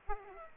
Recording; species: mosquito wingbeat signal from an infrared sensor; Aedes aegypti